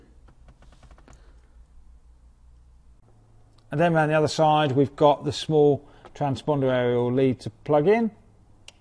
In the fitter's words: Again, that'll click.